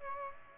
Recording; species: mosquito wingbeat signal from an infrared sensor; Aedes aegypti